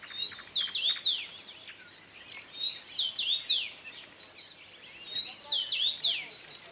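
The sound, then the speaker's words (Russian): A common rosefinch, a grey bird with a red head and neck, sings three times, each phrase a short run of clear, slurred whistles rising and falling, separated by brief pauses over a quiet hiss of background noise. “Нет, чечевица – такая очень классная птичка. Сейчас я даже могу попробовать ее тебе включить.”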